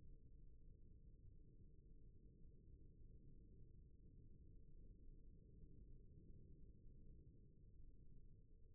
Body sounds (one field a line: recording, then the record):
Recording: forearm muscle sounds (acoustic myography)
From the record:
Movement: rest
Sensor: system 1, eight BSWA MPA416 microphones around the upper forearm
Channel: 7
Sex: female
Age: 22 years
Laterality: right